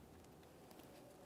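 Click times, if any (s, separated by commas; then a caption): none. A wiring harness electrical connector is handled at the bank 1 VVT solenoid on a 2017–2023 GMC Acadia 3.6L V6, ready to be pressed on. Only low, steady background noise is heard, with two faint brief ticks near 0.2 and 0.7 seconds. The connector has not clicked in or seated yet.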